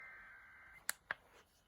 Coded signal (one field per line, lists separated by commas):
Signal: Emergency Alert System (SAME) tones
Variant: header bursts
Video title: OHIO RMT| EAS #256| Required Monthly Test| WLW-AM